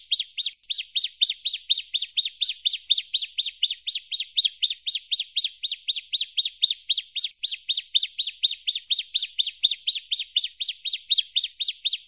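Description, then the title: Bar-winged prinia singing a long, even series of high, sharp chirps, about four per second, steady and unbroken throughout. "Kicau Ciblek Kristal"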